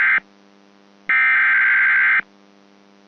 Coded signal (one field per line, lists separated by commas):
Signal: Emergency Alert System (SAME) tones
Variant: header bursts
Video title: [REQUESTED EAS MOCK] - Old Paul??